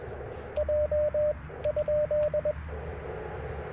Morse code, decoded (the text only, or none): J ?